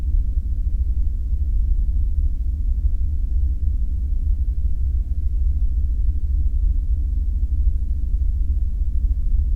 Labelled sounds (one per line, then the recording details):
machinery
flare stack
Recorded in the Prudhoe Bay oil fields, Alaska, on 5 September 2019 at 00:06
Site 14